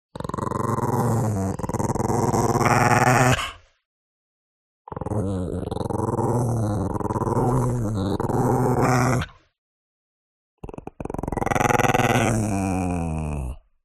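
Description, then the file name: Chihuahua growling in three long, heavy, rumbling bouts separated by short silences, rough and throaty throughout. "smartsound ANIMAL DOG Chihuahua"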